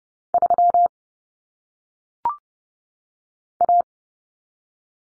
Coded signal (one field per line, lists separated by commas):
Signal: Morse code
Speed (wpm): 30 wpm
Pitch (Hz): 700 Hz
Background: none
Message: 3 A